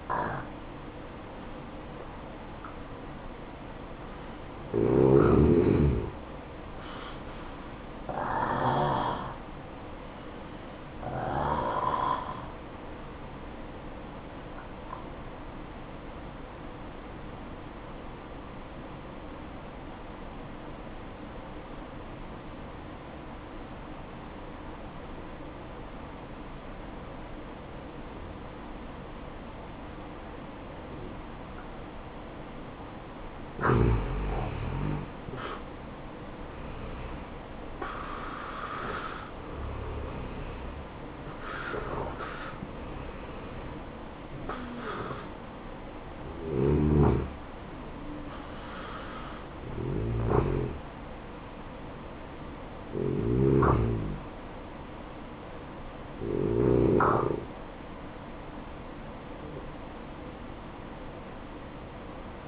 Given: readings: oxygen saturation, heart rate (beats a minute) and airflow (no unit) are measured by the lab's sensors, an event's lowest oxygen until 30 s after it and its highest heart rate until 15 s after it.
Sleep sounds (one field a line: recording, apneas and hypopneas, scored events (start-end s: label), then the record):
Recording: breathing in sleep by a voice recorder at the bedside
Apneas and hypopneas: 1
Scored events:
8.00-37.70 s: hypopnea (N1, oxygen 94% highest, then 84% lowest, heart rate 61 at the start, 73 highest)
54.00-62.48 s: new sleep stage, N2 (light sleep)
From the record:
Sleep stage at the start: N1 (lightest sleep)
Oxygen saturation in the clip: 84 to 94%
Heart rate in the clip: 58 to 73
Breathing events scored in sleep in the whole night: 573 in 9.8 hours asleep